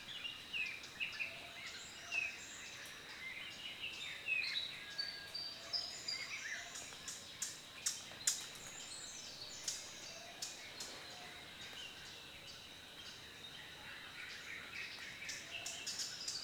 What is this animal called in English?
Blue-throated Brown Sunbird